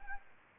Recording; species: mosquito wingbeat signal from an infrared sensor; Anopheles arabiensis